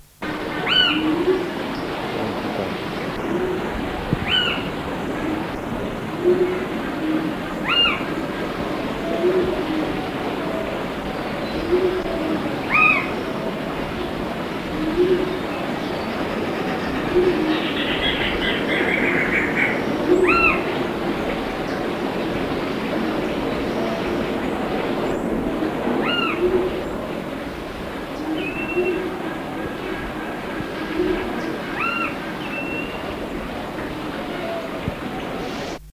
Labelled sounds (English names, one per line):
Indian Pitta call